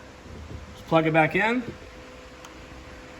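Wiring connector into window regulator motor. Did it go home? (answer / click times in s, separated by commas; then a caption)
yes / 2.4 s. The electrical connector is plugged back into the new window lift motor (window regulator assembly) inside the door of a Fiat 500 Abarth. Someone talks, then the connector clicks into place at 2.4 s, and the locking tab is then pressed in.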